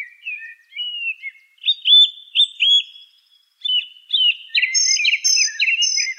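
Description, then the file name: Song thrush singing a varied series of clear whistled phrases, some notes repeated two or three times, then bright twittering and buzzy notes in the second half, no other sounds. "suara kicauan burung song thrush. omkicau"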